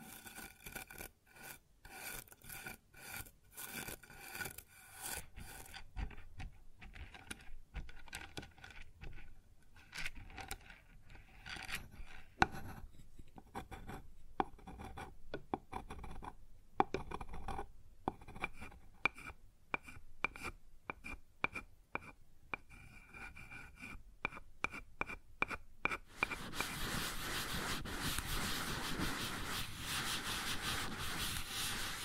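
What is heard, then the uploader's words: Rubbing and scraping on a wooden surface, made of short rasping strokes that come in quick irregular bursts with brief gaps between them. The strokes grow denser and a little louder in the middle. From about 26 seconds a steady, continuous hiss takes over until the end. ASMR Sounds on Wooden Surface (No Talking).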